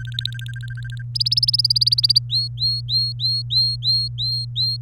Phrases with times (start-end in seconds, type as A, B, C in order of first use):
0.00-1.02 A, 1.15-2.18 B, 2.30-4.77 C